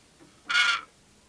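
Pesquet's parrot uttering a single loud, rasping screech, brief and grating, in a quiet background.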